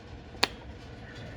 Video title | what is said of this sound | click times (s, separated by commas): Porsche 993 - Replacing spark plugs, wires, distributor caps and rotors | i'm gonna show you how to do it because it's got a satisfying sound when you hear it click | 0.4 s